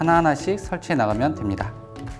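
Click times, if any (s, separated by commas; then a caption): none. A plastic block is being handled near a hole in a pegboard, about to be pushed in with light force, while someone talks over background music. Nothing has seated or clicked yet.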